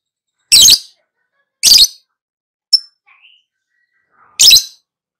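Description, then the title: Lovebird calls: three loud rasping shrieks and one thin sharp chip, separated by pauses. Prompting recording meant to get a lovebird to answer and sing loudly and continuously. "Pancingan Lovebird Agar Nyaut GACOR"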